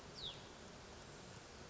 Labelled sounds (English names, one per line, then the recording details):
Hutton's Vireo
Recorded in Sonoma County, California